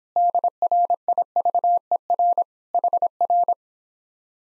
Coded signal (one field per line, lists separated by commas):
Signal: Morse code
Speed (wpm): 26 wpm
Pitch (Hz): 700 Hz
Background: none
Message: DRIVER HR